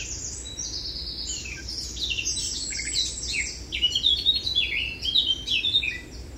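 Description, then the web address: Eurasian blackcap delivering a long, bubbling warble of high notes that grows louder and more varied toward the end. "SETE data Sylvia atricapilla"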